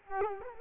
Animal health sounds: mosquito wingbeat signal from an infrared sensor; Culex quinquefasciatus

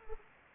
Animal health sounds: mosquito wingbeat signal from an infrared sensor; Anopheles gambiae

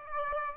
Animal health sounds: mosquito wingbeat signal from an infrared sensor; Aedes aegypti

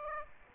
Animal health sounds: mosquito wingbeat signal from an infrared sensor; Aedes aegypti

